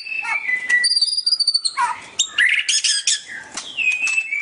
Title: Kicau Kacer